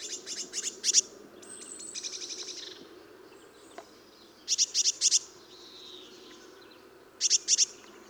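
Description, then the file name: Eurasian blue tit: bursts of rapid high buzzy notes, a thin descending whistle and churr, then two more short clipped bursts after a gap. "Cyanistes caeruleus"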